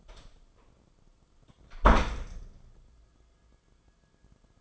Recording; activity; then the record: daily activity, microphone in the room; close door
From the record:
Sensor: 5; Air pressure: 994.4 hPa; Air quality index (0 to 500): 186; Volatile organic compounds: 1000 ppm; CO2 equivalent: 5468 ppm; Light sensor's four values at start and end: 22/55/22/26 and 20/50/21/24